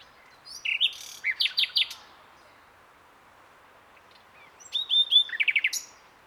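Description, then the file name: Common nightingale song: two bursts of rapid repeated notes with buzzy and whistled elements, separated by a long pause. "Luscinia megarhynchos"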